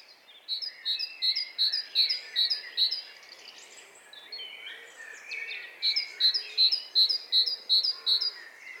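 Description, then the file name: Great tit song: bright two-part notes repeated quickly in a run of about eight, a pause filled by other birds' twittering, then a second matching run. "Parus major"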